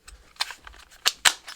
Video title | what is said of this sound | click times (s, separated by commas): Best Long Range Walkie Talkies on Amazon under $40! Seodon Two Way Radio Review 2023 | you just slide it in like that clicks into place same with this one | 1.1 s, 1.3 s